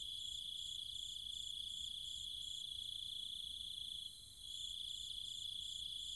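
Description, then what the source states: Cicadas and other insects keep up a continuous piercing buzz with evenly pulsed higher notes, dipping briefly just after four seconds before resuming. Cicadas and other insects calling at night in trees and fields, countryside, Chiang Mai, Thailand.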